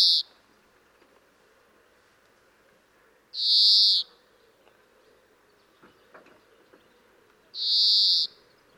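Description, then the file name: European greenfinch calls: three loud, buzzy, wheezing notes, the first cut off at the start, spaced roughly four seconds apart, over a quiet background with faint clicks. "Chloris chloris"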